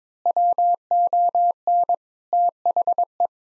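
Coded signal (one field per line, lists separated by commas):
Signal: Morse code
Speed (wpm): 22 wpm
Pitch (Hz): 700 Hz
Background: none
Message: WON THE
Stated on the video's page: Morse code practice at 22 wpm: sentences built from common eight-word phrases, each sent, then spoken, then sent again, for head-copy training.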